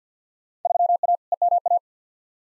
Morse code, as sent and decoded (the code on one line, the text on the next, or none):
...-- .- / . -- .-
3A EMA